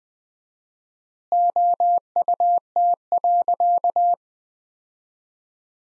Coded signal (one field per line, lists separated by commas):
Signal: Morse code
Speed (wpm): 20 wpm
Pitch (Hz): 700 Hz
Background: none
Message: OUT.